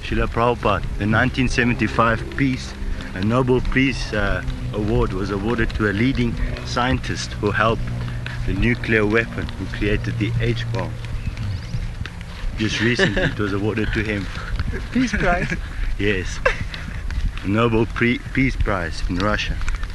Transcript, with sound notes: Śrīla Prabhupāda, a 1975 Nobel Peace award was awarded to a leading scientist who helped the nuclear weapon, who created the H-bomb. Just recently it was awarded to him.
Peace prize? [laughing]
Yes. Nobel Peace Prize in Russia,